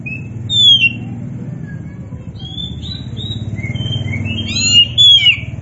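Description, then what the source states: Oriental magpie-robin singing thin, sweet whistles, some descending and some flat, scattered throughout with a busier burst near the end, over constant low rumble. Kacer poci variety of Oriental magpie-robin, singing vigorously (gacor).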